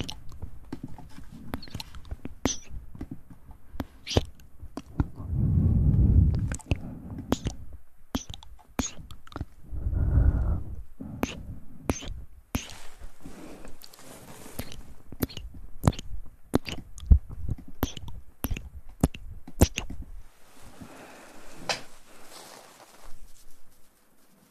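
Mouth sounds made up close, with frequent sharp wet clicks and pops scattered irregularly throughout. Two longer low, breathy rumbles stand out around six and ten seconds, and the last few seconds turn to a soft, bright hiss with fewer clicks.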